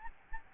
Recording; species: mosquito wingbeat signal from an infrared sensor; Aedes albopictus